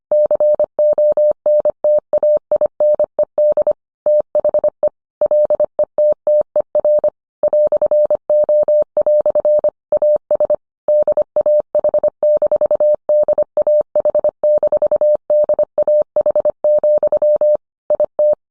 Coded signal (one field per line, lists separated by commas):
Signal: Morse code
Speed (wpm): 25 wpm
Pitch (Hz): 600 Hz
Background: none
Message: CONTAINED THE LETTER "O" AS DAH-DAH-DAH, IT